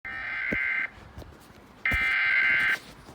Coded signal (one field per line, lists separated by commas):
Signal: Emergency Alert System (SAME) tones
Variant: header bursts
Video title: Severe Thunderstorm Warning on WBKR (EAS #296)